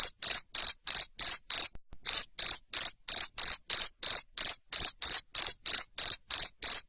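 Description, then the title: Steady loud cricket chirping, sharp high pulses about three per second with a single short pause early on. Loud cricket chirping used to stimulate lovebirds to sing continuously. "Suara JANGKRIK NGERIK Keras Bikin LOVEBIRD Jadi NGEKEK Terus Vubey"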